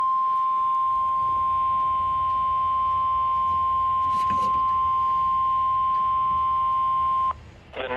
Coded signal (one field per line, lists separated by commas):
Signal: Emergency Alert System (SAME) tones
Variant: 1050 Hz attention tone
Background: speech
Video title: (EAS #347) Tornado Warning for Jo Daviess and Stephenson, Illinois